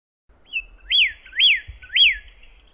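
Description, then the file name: Pyrrhuloxia singing a brief thin whistle followed by three clear arched, slurred whistles in steady rhythm; slight low background hum. "suara kicauan burung pyrrhuloxia. omkicau"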